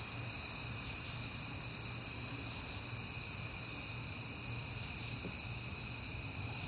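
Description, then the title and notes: Cricket chorus of constant shrill trilling without pause, with faint low rumble beneath. Crickets heard often in September; recorded on a peaceful night. "Night Time: Crickets and Passing Cars. It is September and I have been hearing the crickets a lot"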